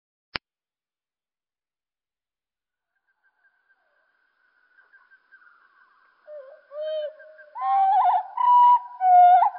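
Common blackbird song, slowed down: faint notes that gradually strengthen into loud, deep, fluting whistled phrases with higher overtones over the final three seconds.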